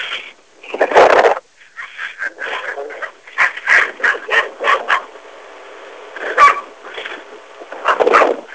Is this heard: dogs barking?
yes